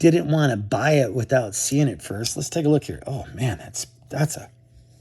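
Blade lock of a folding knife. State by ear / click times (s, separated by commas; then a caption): not seated / none. Someone talks while handling a budget folding knife. The blade lock has not clicked into place yet within the clip, and only speech is heard, fading out near the end.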